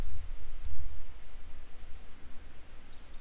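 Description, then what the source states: Grey wagtail calls: sharp, high double chirps given three times in a few seconds over a steady low rumble. A pair of grey wagtail parents still searching for their young today; follow-up report.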